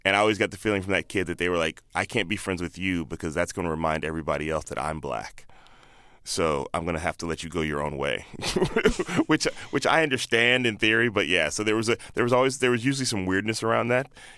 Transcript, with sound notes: and I always got the feeling from that kid that they were like, I can't be friends with you because that's going to remind everybody else that I'm black, so I'm going to have to let you go your own way...
(LAUGHTER)
...which I understand in theory, but yeah, so there was always, there was usually some weirdness around that.